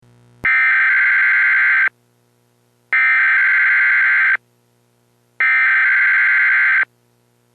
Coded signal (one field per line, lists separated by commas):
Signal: Emergency Alert System (SAME) tones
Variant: header bursts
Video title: EAS dust storm warning issued for Maricopa&pinal counties AZ.